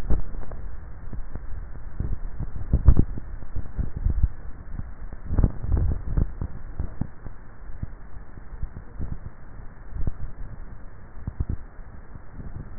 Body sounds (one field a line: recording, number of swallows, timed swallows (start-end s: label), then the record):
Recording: swallowing sounds by neck microphone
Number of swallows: 1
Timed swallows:
5.35-6.12 s: swallow
From the record:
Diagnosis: dysphagia